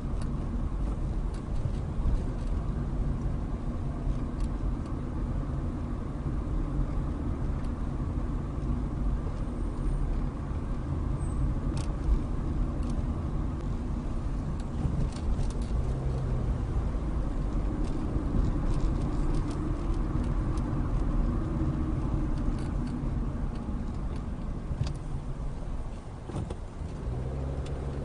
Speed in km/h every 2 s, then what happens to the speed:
23, 29, 31, 29, 29, 29, 26, 26, 32, 35, 32, 23, 10, 15.
0-4 speeds up to 31. 4-14 steady at about 29. 14-18 speeds up to 35. 18-24 brakes to 10.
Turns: 21-28.